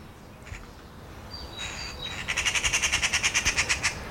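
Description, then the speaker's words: Eurasian magpie giving a harsh, rapid rattling chatter of many evenly spaced notes over background noise. Excited call; pairs fight over the best nesting site; builds a large twig ball nest high in still-bare trees, also in urban areas; now heard in many places in the Netherlands. "Wil van Berkel, die ons regelmatig voorziet van mooie, bijzondere of gewoonweg hele simpele natuurgeluiden, stuurde ons dit keer een opgewonden ekster."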